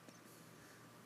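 A plastic cap is being screwed back onto the barrel of a new Jane Davenport Mermaid brush marker to start the ink flowing to the brush. Only faint handling noise is heard over a steady low background hiss. The cap has not seated or clicked yet.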